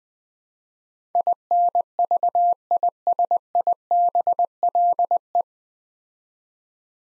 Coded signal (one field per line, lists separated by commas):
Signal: Morse code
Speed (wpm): 20 wpm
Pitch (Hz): 700 Hz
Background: none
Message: INVISIBLE